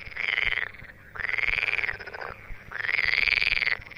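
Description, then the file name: Edible frog giving three long rattling, quacking croaks, each lasting about half a second to a second with a slight rise and fall, over a low background hum. "Pelophylax esculentus"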